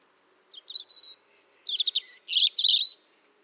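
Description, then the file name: European robin song: a rapid string of thin, high whistles and tinkling trills, some notes sliding and warbling, with short pauses between bursts. "Erithacus rubecula"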